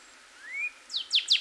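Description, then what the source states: Northern cardinal song: a single rising whistle followed by a quick run of high downward-slurred notes. Recorded 26 April 2019.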